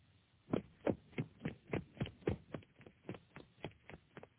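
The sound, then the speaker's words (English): A man running, his footsteps landing as a quick, steady run of dull thuds, about three per second, with no one speaking. “He's running.”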